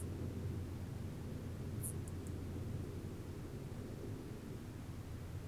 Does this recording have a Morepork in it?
no